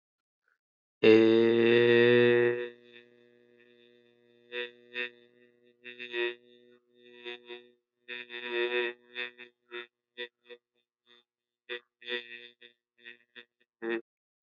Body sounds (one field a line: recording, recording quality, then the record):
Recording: sustained vowel as in made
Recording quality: excellent, no background noise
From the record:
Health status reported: healthy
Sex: male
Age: 23 years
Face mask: not worn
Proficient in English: yes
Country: India